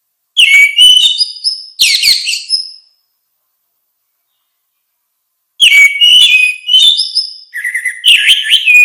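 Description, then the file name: Orange-headed thrush song in two bursts of varied, clear whistled notes slurring up and down, separated by a silent pause; the second burst runs to the end. "suara kicau burung anis merah luar biasa"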